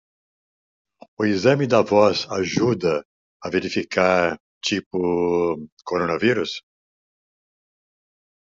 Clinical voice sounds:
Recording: short text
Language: Brazilian Portuguese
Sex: male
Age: 70 to 79 years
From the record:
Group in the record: control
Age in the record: 70 years

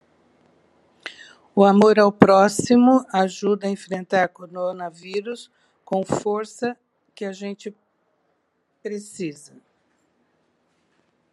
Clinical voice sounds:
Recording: spoken sentence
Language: Brazilian Portuguese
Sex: female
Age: 60 to 69 years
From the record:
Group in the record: control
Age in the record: 60 years

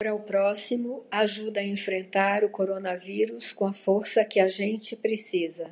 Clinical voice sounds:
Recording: spoken sentence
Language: Brazilian Portuguese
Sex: female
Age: 60 to 69 years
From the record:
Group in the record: control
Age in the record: 60 years

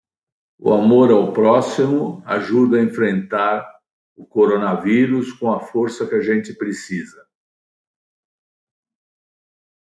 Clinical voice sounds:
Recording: spoken sentence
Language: Brazilian Portuguese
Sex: male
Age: 20 to 29 years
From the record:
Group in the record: control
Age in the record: 23 years

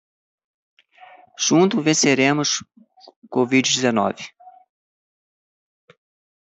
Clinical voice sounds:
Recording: short text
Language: Brazilian Portuguese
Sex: male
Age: 50 to 59 years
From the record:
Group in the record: control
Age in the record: 51 years

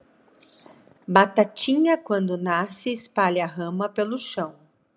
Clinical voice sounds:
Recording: short text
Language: Brazilian Portuguese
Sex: female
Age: 40 to 49 years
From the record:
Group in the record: control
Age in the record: 48 years

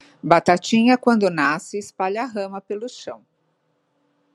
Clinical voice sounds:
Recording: short text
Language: Brazilian Portuguese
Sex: female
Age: 50 to 59 years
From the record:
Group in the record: control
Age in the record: 59 years

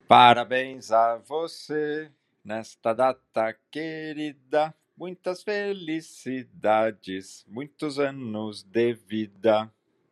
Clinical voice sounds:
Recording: short text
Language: Brazilian Portuguese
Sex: male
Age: 40 to 49 years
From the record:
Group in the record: control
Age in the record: 49 years

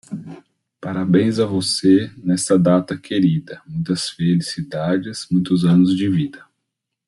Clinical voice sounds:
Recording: short text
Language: Brazilian Portuguese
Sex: male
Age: 30 to 39 years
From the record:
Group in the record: control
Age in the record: 35 years

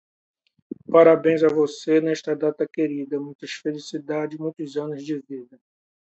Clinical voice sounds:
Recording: short text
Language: Brazilian Portuguese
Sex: male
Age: 40 to 49 years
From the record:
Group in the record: control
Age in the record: 49 years

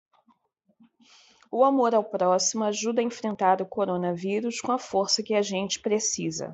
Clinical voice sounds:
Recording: spoken sentence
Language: Brazilian Portuguese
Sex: female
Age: 30 to 39 years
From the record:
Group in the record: control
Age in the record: 32 years

